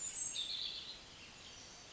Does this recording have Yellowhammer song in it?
no